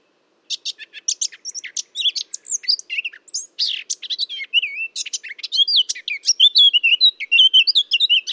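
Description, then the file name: Eurasian blackcap singing a fast, scratchy, varied warble of twittering and chattering notes that runs almost unbroken, with a few clearer whistled phrases near the end. "Sylvia atricapilla"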